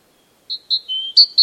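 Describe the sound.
Great tit calls: two short, clear high chirps, then a thin level whistle and two more sharp notes, in otherwise silent surroundings.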